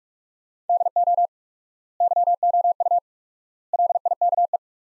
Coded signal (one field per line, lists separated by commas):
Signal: Morse code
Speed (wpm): 46 wpm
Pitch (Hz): 700 Hz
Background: none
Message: DO YOU LIKE